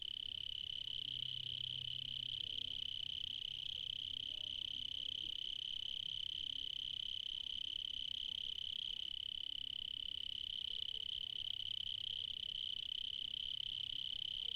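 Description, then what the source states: Cricket song: a steady shrill trill lasting the whole stretch, barely changing, over a faint low hum. Recorded in the evening in Spain.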